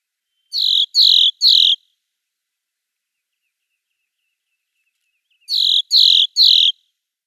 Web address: Schulze Peter Siberian Tit song